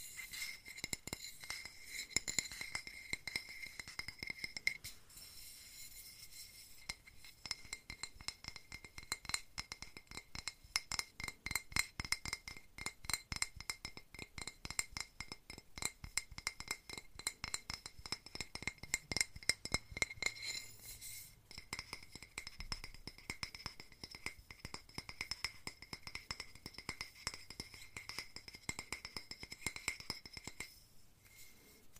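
Small metal safety pins and glass clink and rattle together in rapid, dense bursts, with a faint high ringing tone through much of the clip. Busy shaking runs from the start to about 21 seconds, thins briefly, resumes, then stops abruptly near 31 seconds.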